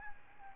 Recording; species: mosquito wingbeat signal from an infrared sensor; Aedes albopictus